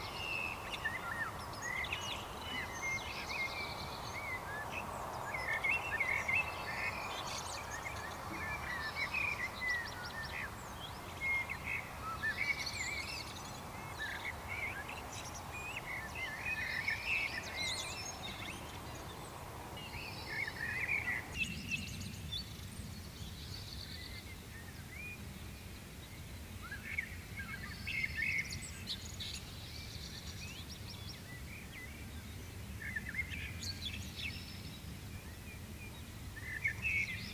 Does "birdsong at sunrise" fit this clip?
yes